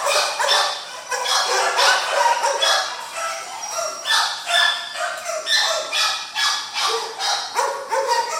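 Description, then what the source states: Dog barking rapidly and unevenly, sharp yelping barks several per second throughout. Dogs in a kennel.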